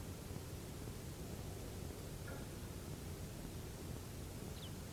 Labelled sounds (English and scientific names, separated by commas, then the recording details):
Tawny Pipit (Anthus campestris)
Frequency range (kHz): Tawny Pipit (Anthus campestris) 2.5-4.6 kHz
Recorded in France